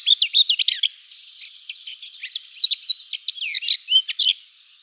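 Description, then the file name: Lesser whitethroat song: a scratchy, varied warble of fast chattering notes running for over four seconds. "Slavka zavirushka"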